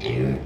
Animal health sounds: contact call of a hoofed animal; pig; closed-mouth grunt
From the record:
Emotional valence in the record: negative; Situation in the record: short social isolation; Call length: 0.46 s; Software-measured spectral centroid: 1540 Hz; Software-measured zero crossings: 1030 a second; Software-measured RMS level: -24 dBFS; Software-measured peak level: -13 dBFS

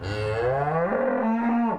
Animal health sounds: contact call of a hoofed animal; cattle; low-frequency (closed-mouth) or high-frequency (open-mouth) call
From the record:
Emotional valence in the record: negative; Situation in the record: full separation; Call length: 1.79 s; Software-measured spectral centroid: 1120 Hz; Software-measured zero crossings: 1160 a second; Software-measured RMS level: -24 dBFS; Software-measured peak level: -13 dBFS

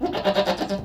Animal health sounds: contact call of a hoofed animal; goat; low-frequency (closed-mouth) or high-frequency (open-mouth) call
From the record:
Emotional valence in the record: negative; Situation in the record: food frustration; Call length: 0.85 s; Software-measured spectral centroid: 2170 Hz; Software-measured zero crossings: 1940 a second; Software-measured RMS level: -24 dBFS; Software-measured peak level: -8 dBFS

